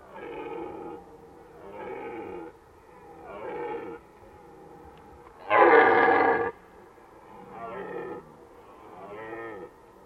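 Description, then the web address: Red deer roaring in a series of throaty bellows, the loudest and harshest near the middle. Recorded in Valsolda. "cibra valsolda. Cervo"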